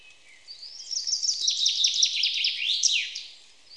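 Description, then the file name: Common chaffinch delivering one full song: a run of quick high notes finishing with a sharp flourish. "Fringilla coelebs"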